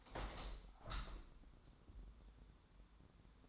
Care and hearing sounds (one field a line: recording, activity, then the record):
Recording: daily activity, microphone in the room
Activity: open window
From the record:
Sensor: 3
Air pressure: 1000.5 hPa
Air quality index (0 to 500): 134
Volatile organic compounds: 2 ppm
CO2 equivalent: 1172 ppm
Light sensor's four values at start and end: 13/36/14/16 and 14/37/15/16